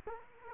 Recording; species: mosquito wingbeat signal from an infrared sensor; Culex quinquefasciatus